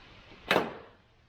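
A plastic LED side-marker (scuttle-plate) light is pressed into its clip-and-pin mount in the car's fender panel. Against a quiet background, a single loud, short snap is heard at 0.5 seconds, with a brief decay after it. The light snaps and seats into place.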